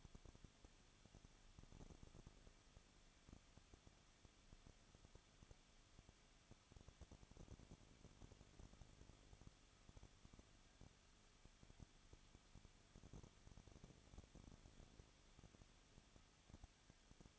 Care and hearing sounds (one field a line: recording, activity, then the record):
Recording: daily activity, microphone in the room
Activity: no activity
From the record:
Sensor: 4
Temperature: 23.0 degrees Celsius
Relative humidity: 34.2%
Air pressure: 1007.4 hPa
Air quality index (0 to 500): 213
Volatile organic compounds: 14 ppm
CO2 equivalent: 2452 ppm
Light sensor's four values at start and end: 2/3/1/1 and 2/3/1/1